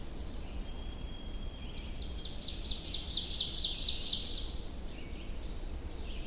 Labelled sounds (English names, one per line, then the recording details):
Ovenbird song
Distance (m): 35 m
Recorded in boreal forest in Alberta, Canada, on 21 June 2016 at 06:53
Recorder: SongMeter 3, array SBT-6-81
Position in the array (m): 40 m, 88 m
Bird 24